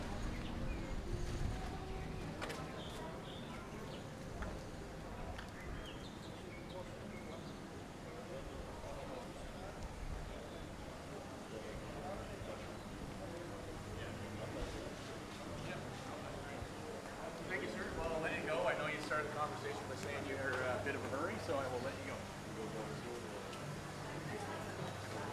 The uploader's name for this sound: Walking Around Willemstad Curacao